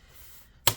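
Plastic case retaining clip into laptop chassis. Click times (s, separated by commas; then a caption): 0.7 s. A plastic case piece on a Dell Inspiron 15 7000 Series 7537 laptop is angled in and dropped down, then its small plastic retaining clips are pressed back down into the laptop chassis. After a faint low background hum, one sharp snap is heard at 0.7 s as a clip seats home.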